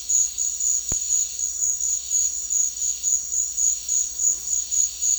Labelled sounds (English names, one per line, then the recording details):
none
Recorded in secondary vegetation near Puerto Asís, Putumayo, Colombia, on 8 March 2025 at 14:00
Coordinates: 0.499, -76.323
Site G094